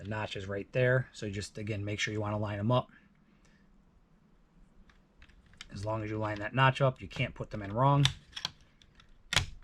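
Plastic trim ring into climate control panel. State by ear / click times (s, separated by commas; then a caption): seated / 9.4 s. A plastic trim ring for a climate control knob on a Toyota Tundra, lined up by its notch and pressed back into the dash panel, clicks into place at 9.4 seconds. Someone talks through most of the clip, with faint taps and clicks during the quieter middle stretch and a few sharper clicks near the end.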